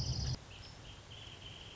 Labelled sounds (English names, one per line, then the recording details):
Wrentit
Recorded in Sonoma County, California